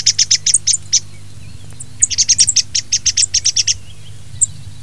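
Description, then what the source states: Thrush calling in rapid bursts of sharp, high chipping notes, a short run and then a longer one, with a steady low hum underneath. Filtered recording.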